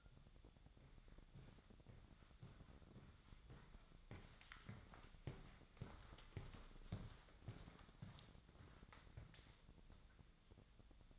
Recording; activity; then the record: daily activity, microphone in the room; walk to room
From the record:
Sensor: 3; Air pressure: 999.4 hPa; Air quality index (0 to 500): 196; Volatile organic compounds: 44 ppm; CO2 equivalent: 3206 ppm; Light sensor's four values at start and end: 8/19/8/7 and 8/19/7/7